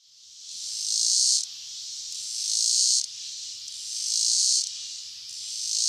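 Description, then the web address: Robinson's cicada song, a continuous high hissing buzz that swells louder about every 1.5 seconds. North America. "Songs of Insects. Robinsons Cicada"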